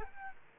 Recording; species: mosquito wingbeat signal from an infrared sensor; Culex quinquefasciatus